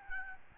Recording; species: mosquito wingbeat signal from an infrared sensor; Aedes albopictus